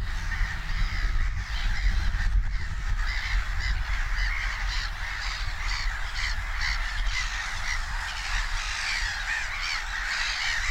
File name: Black headed gull